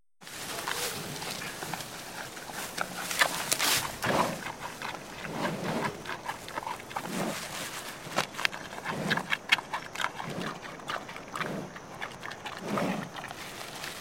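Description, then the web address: Panda eating, with steady rhythmic chewing thuds and crisp crackles of food breaking over fourteen seconds. Panda chewing and eating something. "il suono di un panda che mastica e mangia qualcosa"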